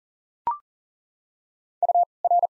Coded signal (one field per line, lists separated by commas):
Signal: Morse code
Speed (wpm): 40 wpm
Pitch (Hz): 700 Hz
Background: none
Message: U R